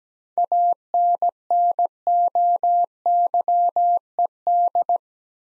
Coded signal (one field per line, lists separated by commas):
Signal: Morse code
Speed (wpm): 17 wpm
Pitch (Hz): 700 Hz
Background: none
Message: ANNOYED